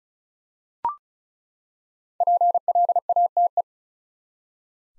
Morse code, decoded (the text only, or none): PLATE